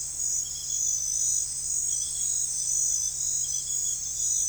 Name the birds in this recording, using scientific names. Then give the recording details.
none. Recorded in forest near Pivijay, Magdalena, Colombia, on 3 June 2023 at 04:00. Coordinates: 10.467, -74.380. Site Z5-G034